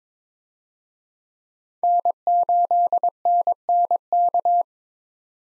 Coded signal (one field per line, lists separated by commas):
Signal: Morse code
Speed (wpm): 22 wpm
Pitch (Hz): 700 Hz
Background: none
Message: N8NNK